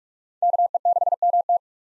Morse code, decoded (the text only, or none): KE6MT